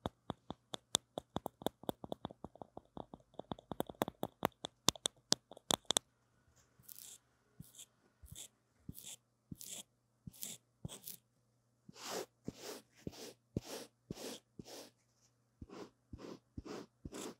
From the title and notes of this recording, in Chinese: 刷刷&敲敲線麥。Brain Tingling Brushing & Tapping。No Talking。